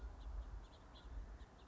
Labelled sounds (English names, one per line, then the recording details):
House Finch
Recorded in Sonoma County, California